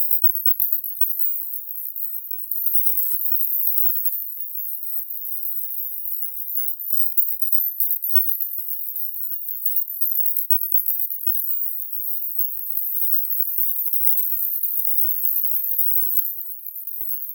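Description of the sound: A faint, steady, very high-pitched hiss, with its energy high up toward about 16 kHz, lasts the whole clip, with no tones, speech or breaks. It is a synthetic tinnitus masker, a high-frequency distractor sound meant to cover or distract from ringing in the ears.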